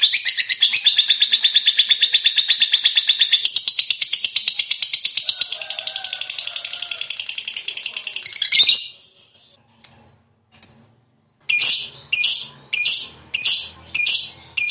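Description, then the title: Lovebird song: a long rapid chattering trill for about eight seconds, then a few separate sharp chirps spaced by short silences. Lovebird described as a 'fighter' and 'gacor'. "Berkat SUARA Lovebird FIGHTER GACOR Ini"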